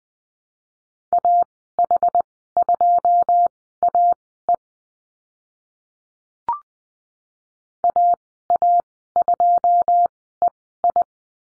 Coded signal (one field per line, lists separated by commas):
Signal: Morse code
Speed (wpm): 20 wpm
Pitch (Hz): 700 Hz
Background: none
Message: AH2AE AA2EI